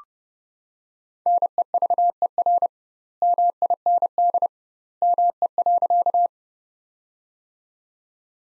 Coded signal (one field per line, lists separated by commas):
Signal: Morse code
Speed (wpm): 32 wpm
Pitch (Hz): 700 Hz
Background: none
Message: NEVER MIND ME.